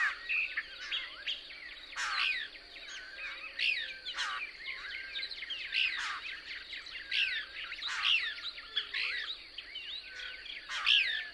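Couch's Kingbird song: continuous chattering twitter of short sweeping notes over a constant high hiss.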